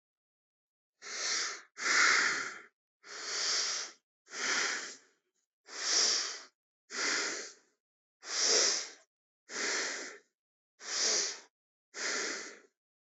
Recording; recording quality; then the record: deep breathing; excellent, no background noise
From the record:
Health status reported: respiratory illness, not identified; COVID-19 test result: not tested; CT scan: not taken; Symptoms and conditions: cold, breathing difficulty, sore throat, muscle pain, another respiratory illness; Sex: male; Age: 21 years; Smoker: no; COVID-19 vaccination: both doses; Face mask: worn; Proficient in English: yes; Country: India